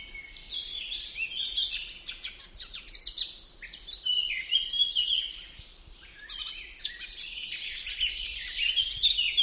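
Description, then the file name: Eurasian blackcap delivering long bursts of jumbled, scratchy warbling mixed with clear whistled notes, pausing briefly midway before resuming. "Sylvia atricapilla"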